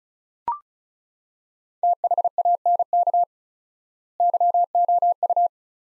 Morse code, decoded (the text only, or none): THANK YOU